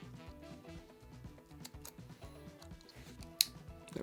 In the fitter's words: we go little click and then we'll stick coming away the model will